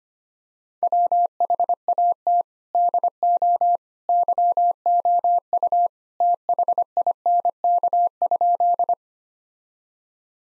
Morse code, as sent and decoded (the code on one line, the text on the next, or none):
.-- .... .- - / -.. --- / -.-- --- ..- / - .... .. -. -.- ..--..
WHAT DO YOU THINK?